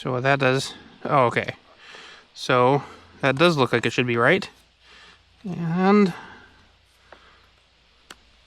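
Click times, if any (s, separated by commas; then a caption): none. A camera mount is handled at an Insta360 pet harness mount base while someone talks, and two brief faint ticks follow near 7.1 and 8.1 seconds. Nothing has seated or clicked yet.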